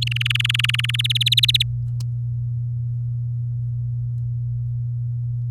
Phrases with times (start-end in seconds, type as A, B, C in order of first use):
0.01-0.96 A, 0.99-1.63 B